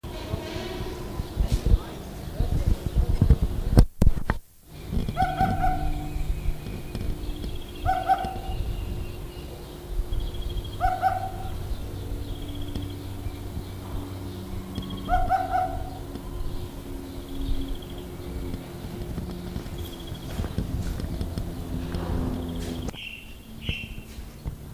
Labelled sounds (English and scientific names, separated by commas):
Eurasian Hoopoe (Upupa epops)